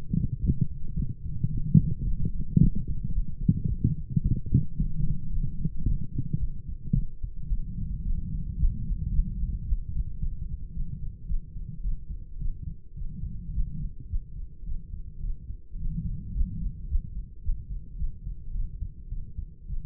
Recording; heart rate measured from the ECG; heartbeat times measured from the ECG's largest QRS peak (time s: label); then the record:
heart sounds by stethoscope; 109 bpm
0.39 s: heartbeat
0.94 s: heartbeat
1.50 s: heartbeat
2.04 s: heartbeat
2.58 s: heartbeat
3.12 s: heartbeat
3.66 s: heartbeat
4.21 s: heartbeat
4.76 s: heartbeat
5.30 s: heartbeat
5.84 s: heartbeat
6.38 s: heartbeat
6.93 s: heartbeat
7.48 s: heartbeat
8.02 s: heartbeat
8.57 s: heartbeat
9.11 s: heartbeat
9.65 s: heartbeat
10.18 s: heartbeat
10.72 s: heartbeat
11.26 s: heartbeat
11.81 s: heartbeat
12.38 s: heartbeat
12.94 s: heartbeat
13.51 s: heartbeat
14.08 s: heartbeat
14.64 s: heartbeat
15.20 s: heartbeat
15.77 s: heartbeat
16.32 s: heartbeat
16.87 s: heartbeat
17.41 s: heartbeat
17.96 s: heartbeat
18.52 s: heartbeat
19.08 s: heartbeat
19.66 s: heartbeat
From the record:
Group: healthy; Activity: light exercise 0-6 s, rest 6-20 s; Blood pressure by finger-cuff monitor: 134/74 mmHg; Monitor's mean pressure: 94 mmHg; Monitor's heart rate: 109 bpm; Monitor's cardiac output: 9 L/min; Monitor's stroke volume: 82 mL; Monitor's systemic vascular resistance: 750 dyn s/cm5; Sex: female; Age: 26 years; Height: 165 cm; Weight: 55 kg